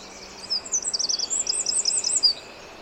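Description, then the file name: Eurasian wren: a faint, very high rippling run of quick trilled notes lasting about two seconds over steady background hiss. "Troglodytes troglodytes"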